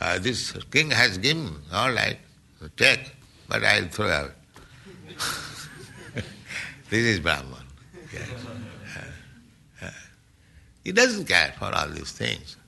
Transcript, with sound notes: This king has given. All right, take. But I will throw away." [laughing] This is brāhmaṇa, yes. He doesn't care for all these things.